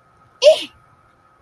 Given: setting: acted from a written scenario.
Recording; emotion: vocal sound without words; negative surprise